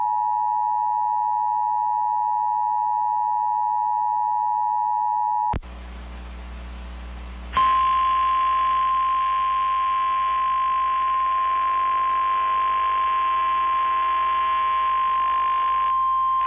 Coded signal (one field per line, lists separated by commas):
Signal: Emergency Alert System (SAME) tones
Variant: 853 and 960 Hz attention tone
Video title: EAS Severe Thunderstorm Watch #72 Kansas and Nebraska NOAA Weather Radio +WeatherSTAR4000